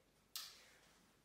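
An Orbit Baby G5 stroller seat is rotated back on the stroller hub into its locked position, and the rotation lock snaps with one sharp, bright click at 0.4 s that fades quickly into quiet. The seat is locked in.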